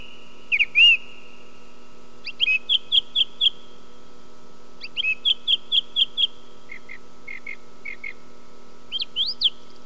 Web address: sons oiseaux grive musicienne